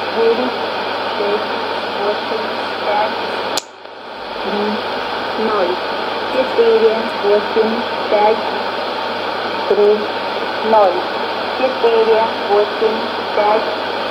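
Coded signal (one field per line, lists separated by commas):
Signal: numbers station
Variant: S06s, Russian female voice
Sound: woman's voice reading short numbers in Russian through heavy hiss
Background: radio static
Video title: 21 04 2020 S06s Russian Lady numbers station in Russian to Eu 0704 on 5760 unknown tx site USB+AM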